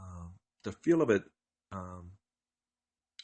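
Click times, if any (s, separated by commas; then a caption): 3.2 s. Someone talks while the tablet portion of a Toshiba Portege Z20t 2-in-1 laptop is docked back onto its keyboard base with a latch. A single sharp click sounds at 3.2 s as the tablet seats into the dock, a really nice and solid click.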